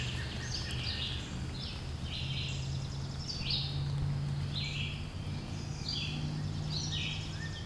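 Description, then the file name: Birds sing choppy, high phrases of falling and rising notes above a continuous low drone. "Relaxing Sounds Lab - Birds Singing"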